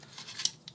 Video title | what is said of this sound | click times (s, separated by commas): Reimagined Blade Runner Blaster Vlog #1 | The cylinder locks in place, | 0.4 s